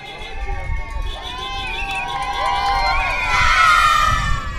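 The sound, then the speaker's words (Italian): A crowd of spectators lining a small village street on a fine-weather day cheers and shouts, many voices overlapping in swooping, rising calls that swell louder toward the end over a low, steady rumble. “No, normalmente no, però oggi c'è il bel tempo, la gente è uscita fuori.”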